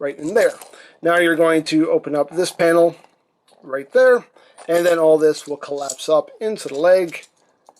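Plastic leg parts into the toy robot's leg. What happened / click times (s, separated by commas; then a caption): The plastic parts are being handled and have not snapped into place yet / none. Someone talks while handling a Transformers Masterpiece Movie Optimus Prime figure, opening a panel on the leg so the plastic leg parts can collapse up into the toy robot's leg. Faint handling sounds come between the speech, and nothing has seated or clicked yet.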